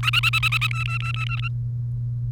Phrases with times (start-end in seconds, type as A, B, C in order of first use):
0.03-0.67 A, 0.71-1.49 B